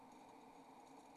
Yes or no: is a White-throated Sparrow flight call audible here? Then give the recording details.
no. No flight call is heard. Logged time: 23:04 on 27 November 2014